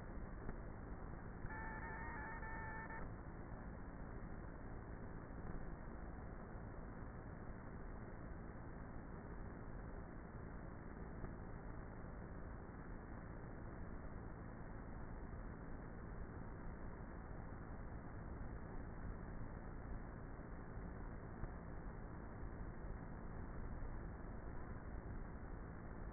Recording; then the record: honeybee colony, microphone inside the hive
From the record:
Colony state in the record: queenless with a low population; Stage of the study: before two queens were removed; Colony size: about 30,000 bees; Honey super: no